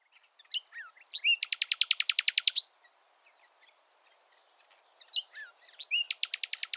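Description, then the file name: Common nightingale song with short varied notes leading into a long, very fast rattling trill, a pause, then another rapid trill begins. "Luscinia megarhynchos"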